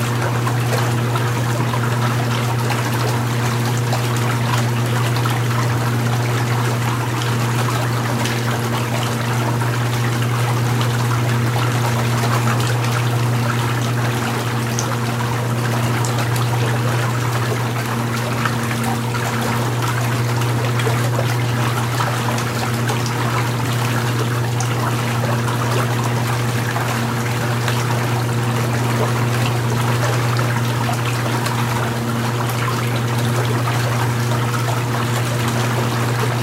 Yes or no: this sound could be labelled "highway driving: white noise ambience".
no